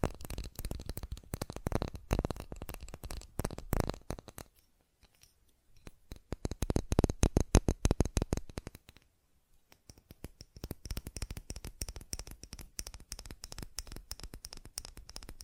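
Fast tapping in rapid, dense bursts of sharp clicks, with a crisp, bright edge. The taps come in flurries, loudest around two and again from six to nine seconds, with short near-silent pauses near five and nine seconds before softer, lighter tapping resumes.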